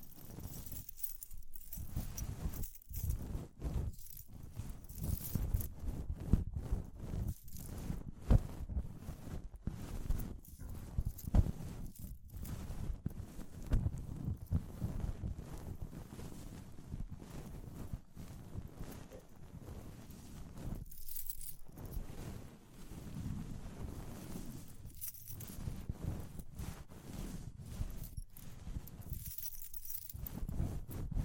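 Close-up tapping and scratching sounds, as in ear cleaning, with faint jingling mixed in. Dense, irregular bursts of rubbing and taps fill the whole stretch, heavy in the low range, broken by a few brief quiet gaps near 1, 21 and 25 seconds.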